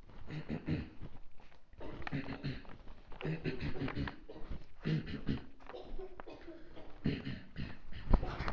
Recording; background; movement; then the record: throat clearing; a bystander coughing; walking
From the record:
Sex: male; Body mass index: 23.7 kg/m2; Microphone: on the chest, facing outward